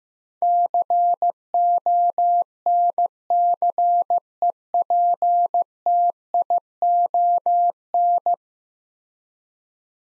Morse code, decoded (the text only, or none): CONCEPTION